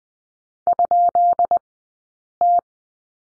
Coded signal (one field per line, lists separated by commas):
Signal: Morse code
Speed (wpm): 20 wpm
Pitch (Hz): 700 Hz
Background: none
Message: ?T